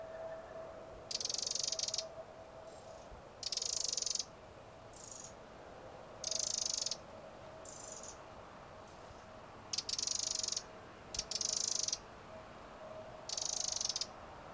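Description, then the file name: Eurasian wren giving harsh, buzzy rattling calls in dense bursts of under a second, repeated at irregular intervals, with a steady low hum underneath. "Troglodytes troglodytes"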